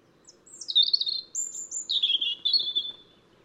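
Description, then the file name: European robin song phrase: a thin high whistle, then sliding warbled notes and a second high whistle with a wavering, falling trill. "Erithacus rubecula"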